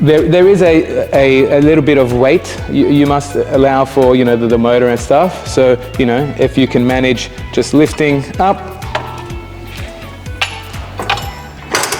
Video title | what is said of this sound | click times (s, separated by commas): How to Use the Janus Hoist | locks in place, and then you're good to use it again. | 11.8 s